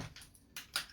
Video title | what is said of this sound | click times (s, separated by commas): Episode 14 Losi drag car roller tear down | and this needs to get popped into place | 0.8 s